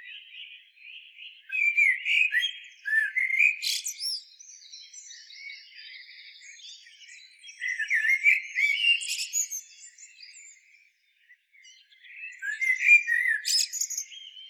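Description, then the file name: Common blackbird song, three rich warbled phrases several seconds apart, each with a sharp high-pitched twitter. "Turdus merula"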